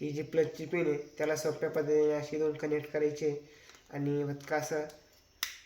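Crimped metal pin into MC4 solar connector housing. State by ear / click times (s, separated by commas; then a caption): seated / 5.4 s. Someone talks while a crimped positive metal pin is pushed into a plastic MC4 solar connector housing. A sharp click at 5.4 s marks the pin seating in the housing.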